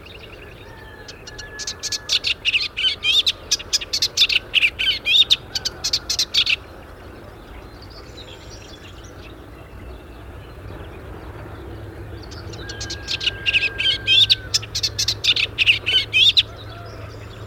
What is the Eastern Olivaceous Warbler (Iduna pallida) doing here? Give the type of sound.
song